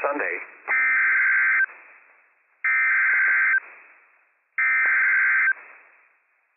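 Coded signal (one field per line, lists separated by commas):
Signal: Emergency Alert System (SAME) tones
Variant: header bursts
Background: speech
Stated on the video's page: Real, operational Flash Flood Warning EAS tones issued by the National Weather Service.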